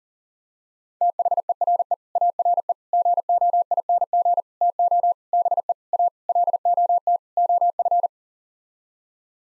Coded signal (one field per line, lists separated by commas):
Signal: Morse code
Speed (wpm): 40 wpm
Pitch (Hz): 700 Hz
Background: none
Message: THERE ARE GOING TO BE A LOT OF